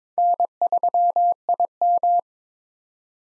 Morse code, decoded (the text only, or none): N3IM